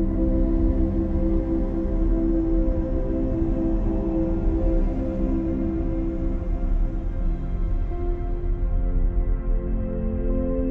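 Soft, steady space-like noise blends with slow, sustained musical tones that sit low and warm, holding long notes with gentle shifts in pitch. The level stays even throughout, with a faint airy hiss above and no sudden events.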